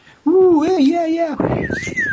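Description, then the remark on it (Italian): A person mimics a wolf whistle: first a voiced, wavering hum, then a breathy whistled tone that rises and slides back down, loud and over in about two seconds. “Quei tipi di fischi da allupati”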